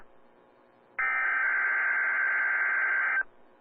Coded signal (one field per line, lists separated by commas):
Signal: Emergency Alert System (SAME) tones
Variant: header bursts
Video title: DMX RWT EAS 821